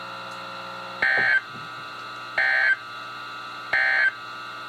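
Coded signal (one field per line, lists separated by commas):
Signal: Emergency Alert System (SAME) tones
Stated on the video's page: Special marine and severe thunderstorm warnings from NOAA weather radio stations, received on a new radio.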